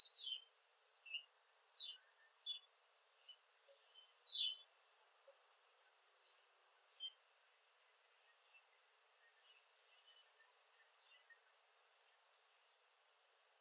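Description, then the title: Palm tanager uttering high, thin twittering notes, scattered at first and then running into a denser chatter before thinning out again. "Sanhaçu-do-coqueiro (Tangara palmarum)"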